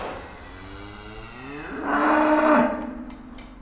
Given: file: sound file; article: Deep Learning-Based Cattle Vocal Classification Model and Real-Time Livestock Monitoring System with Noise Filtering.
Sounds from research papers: cattle; food anticipating call

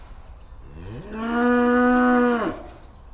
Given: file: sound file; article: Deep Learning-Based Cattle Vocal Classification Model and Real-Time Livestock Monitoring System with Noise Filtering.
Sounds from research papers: cattle; estrus call

